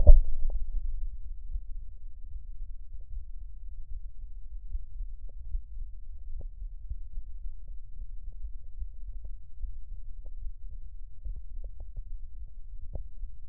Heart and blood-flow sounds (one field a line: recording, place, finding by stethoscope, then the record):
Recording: heart sounds by stethoscope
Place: tricuspid valve (TV)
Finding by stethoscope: normal heart sounds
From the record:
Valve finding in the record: normal valve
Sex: male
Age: 55 years